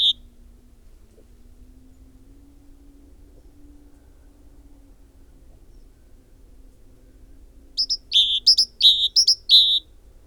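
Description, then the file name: Great tit: one note at the start, a long quiet stretch, then a quick burst of repeated high and lower whistled notes near the end. "Parus major"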